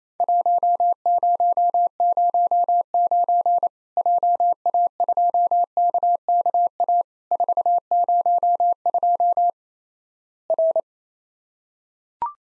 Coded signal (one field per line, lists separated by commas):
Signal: Morse code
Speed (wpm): 28 wpm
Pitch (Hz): 700 Hz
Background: none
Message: 1009 JA2KKA 402 R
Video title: Worked All Europe DX Contest QTC Exchange with Repeats 28wpm